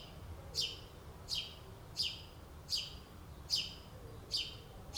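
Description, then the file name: House sparrow giving sharp descending chirps, about one every 0.8 seconds, six in a row, with a soft low rumble behind. "Passer domesticus"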